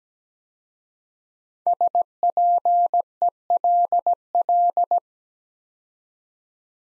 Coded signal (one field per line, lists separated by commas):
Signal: Morse code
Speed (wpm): 17 wpm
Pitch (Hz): 700 Hz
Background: none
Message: SPELL